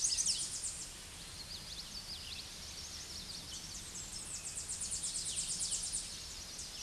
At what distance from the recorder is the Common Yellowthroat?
about 25 m